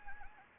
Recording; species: mosquito wingbeat signal from an infrared sensor; Anopheles gambiae